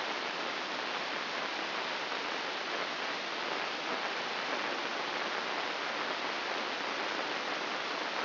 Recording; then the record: brain microelectrode recording played as sound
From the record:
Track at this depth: inside the subthalamic nucleus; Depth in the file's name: 5.401 mm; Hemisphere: right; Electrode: 2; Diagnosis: Parkinson's disease